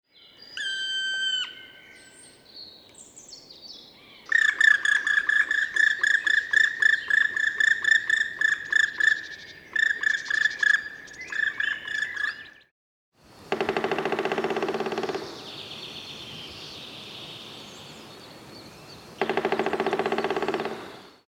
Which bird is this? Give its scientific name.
Dryocopus martius